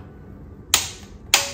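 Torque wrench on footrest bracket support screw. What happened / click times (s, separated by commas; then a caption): Torque wrench clicked at its set torque / 0.7 s, 1.3 s. A torque wrench set to about 20 lb tightens one of the two support screws on the right footrest bracket of a 2015 Yamaha FRJ 1300 during rear brake pedal pivot maintenance. Two sharp, bright clicks sound at 0.7 s and 1.3 s against a low background hum. The wrench clicks at its setting, showing the screw has reached spec.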